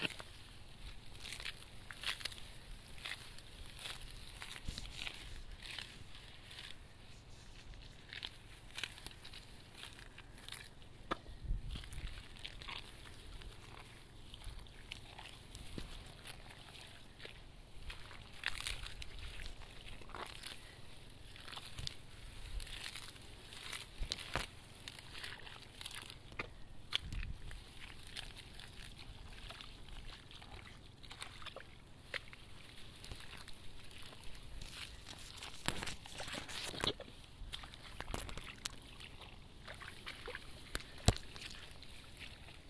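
Hand weeding in a flooded rice paddy: a steady stream of small splashes, sloshes and rustles as hands work through water and mud. The movements come in quick irregular bursts with sharper splashes around 11, 27 and 36 seconds, over a faint low hum.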